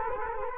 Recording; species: mosquito wingbeat signal from an infrared sensor; Culex quinquefasciatus